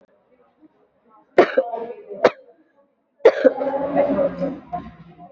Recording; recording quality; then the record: shallow voluntary cough; moderate, slight background noise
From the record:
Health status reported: recovered from COVID-19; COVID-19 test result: negative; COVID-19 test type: RT-PCR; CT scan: not taken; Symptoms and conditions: cough, cold, sore throat, fever, fatigue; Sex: female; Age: 31 years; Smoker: no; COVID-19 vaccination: both doses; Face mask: worn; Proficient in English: yes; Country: India